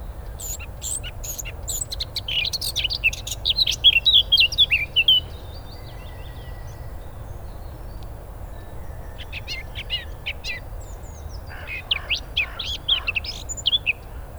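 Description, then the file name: Eurasian blackcap song: a lively warbled phrase of rapid, varied high notes for the first five seconds, a long quiet gap, then another chattering burst later on. "Sylvia atricapilla"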